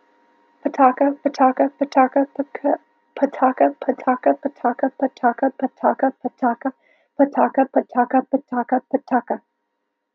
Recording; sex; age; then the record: repeated syllables /pa ta ka/; female; 20 to 29 years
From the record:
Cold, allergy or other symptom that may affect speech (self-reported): no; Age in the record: 24 years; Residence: Florida, United States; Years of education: 16